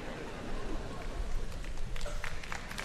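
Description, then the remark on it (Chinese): Dense applause from a crowd, a steady wash of many hands clapping at once with scattered sharper claps standing out, sustained throughout at an even, fairly loud level. “未拍手字，我未講。你知道我講咩嘅咁快？”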